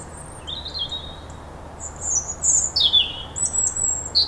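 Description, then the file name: European robin delivering sweet, high-pitched warbled phrases, each note shifting in pitch, strung together with short pauses over a soft low background hum. "Erithacus rubecula"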